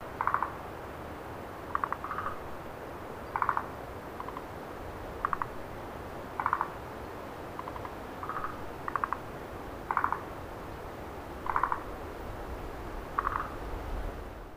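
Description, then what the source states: Frog calling in short clicking bursts, each a quick rattle of pulses, repeated about every second or two over steady background noise. Recorded at Lake Tazawa, May 2008.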